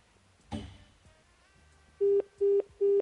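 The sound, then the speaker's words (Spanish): A click, then a telephone ringing on the line during a call: three loud, steady mid-pitched beeps in quick, even succession, with no voices over them. “Al menos está claro que el teléfono suena.”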